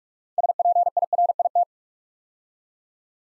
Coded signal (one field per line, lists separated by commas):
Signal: Morse code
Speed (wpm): 44 wpm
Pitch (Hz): 700 Hz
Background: none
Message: SPIRIT